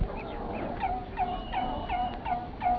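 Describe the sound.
Whale calls: a quick series of short tonal squeals and whistles, each ending in a bent note, over low background noise.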